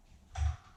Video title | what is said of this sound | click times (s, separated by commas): Mirka Leros 950cv wall & ceiling sander review introduction | into place you can hear that point when you do it so you know | 0.4 s